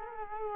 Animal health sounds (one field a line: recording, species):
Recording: mosquito wingbeat signal from an infrared sensor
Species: Culex quinquefasciatus